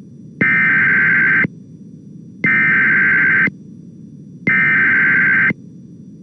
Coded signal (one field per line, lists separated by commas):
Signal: Emergency Alert System (SAME) tones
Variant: header bursts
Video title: EAS 3270-3271: Random NWS Pittsburgh Flash Flood Warning from 05/14/22